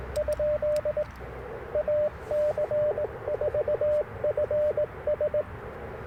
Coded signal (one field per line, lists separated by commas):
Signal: Morse code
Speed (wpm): 20 wpm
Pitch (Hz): 600 Hz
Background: radio noise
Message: ? AC4FS